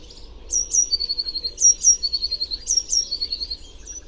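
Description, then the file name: Eurasian blue tit giving three phrases in quick succession, each of two high, thin notes followed by a quick trill. "Cyanistes caeruleus"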